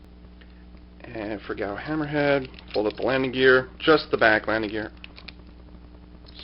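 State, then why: Not seated. Someone talks while folding up the rear landing gear on the G Hammerhead part of a plastic DX Majuu Gattai Gao Hunter Evil combining-robot toy, pushing it into the mecha body. A few faint handling ticks follow the talking around 5.2 to 5.3 seconds, but the landing gear has not snapped or clicked into place.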